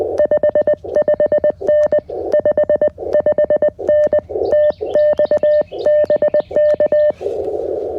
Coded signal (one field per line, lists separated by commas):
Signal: Morse code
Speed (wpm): 20 wpm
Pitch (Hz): 1800 Hz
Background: none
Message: 55N 55N TX BK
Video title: QRP CW POTA Activation at Eisenhower State Park | CFT1 + KJ6ER Challenger OCF Dipole